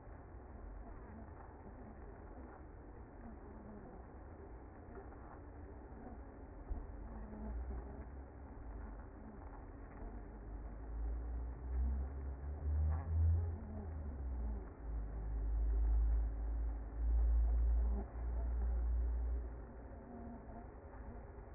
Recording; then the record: honeybee colony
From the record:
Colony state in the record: active